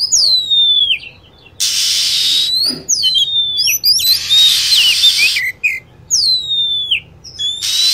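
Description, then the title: Lovebird shrill descending chirps repeated in short groups, separated by stretches of loud hissing noise. Lure sound played to attract lovebirds. "PIKAT BURUNG LOVEBIRD"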